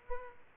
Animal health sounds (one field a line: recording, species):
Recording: mosquito wingbeat signal from an infrared sensor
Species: Aedes aegypti